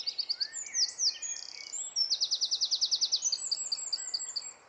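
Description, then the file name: Eurasian wren: a piercing high song of quick staccato notes and a steady machine-gun trill, with soft background hiss. "Troglodytes troglodytes"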